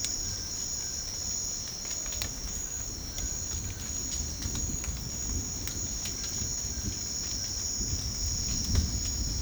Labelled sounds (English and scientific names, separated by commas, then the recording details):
none
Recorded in secondary vegetation near Puerto Asís, Putumayo, Colombia, on 9 March 2025 at 12:30
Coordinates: 0.484, -76.319
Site G010